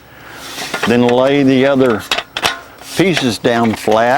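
Someone talks while handling the folding leg pieces of an item, laying the folding support pieces down flat toward their locked position on the frame, with brief sharp clatters of handling around 0.7 s and 2.4 s. The clip ends just before the part goes home, so nothing has seated or clicked yet.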